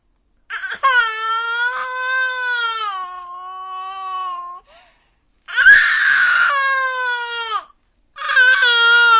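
Three long infant cry bursts with brief pauses between them, high-pitched and strongly voiced, each wail slowly falling in pitch toward its end. An ordinary baby cry in a small room.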